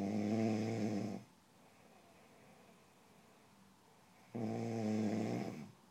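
Two loud, buzzing snores from a sleeping adult, each about 1.2 seconds long and starting roughly four seconds apart, with quiet breathing between them. The low, rattling, harmonic tone fits ordinary snoring.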